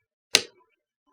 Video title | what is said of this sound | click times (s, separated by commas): AUTOSample-60 Setup | in place push down gently until you hear the click now | 0.3 s